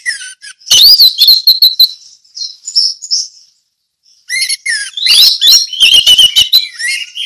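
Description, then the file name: Orange-headed thrush song: rapid bursts of high, varied whistles and sharp chirps, with a short pause before another dense, tumbling phrase. Ngeplong song style. "anis merah ngeplong"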